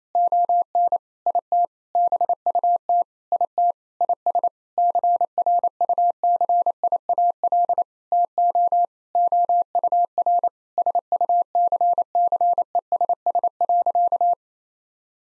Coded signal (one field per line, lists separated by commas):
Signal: Morse code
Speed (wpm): 28 wpm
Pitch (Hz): 700 Hz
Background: none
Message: ON IT BUT IT IS CRUCIAL TO OUR SUCCESS.